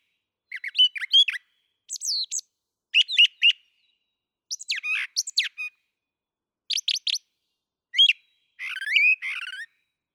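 Brown thrasher song with clipped, scratchy phrases and whistled slurs, separated by brief pauses in a clean recording.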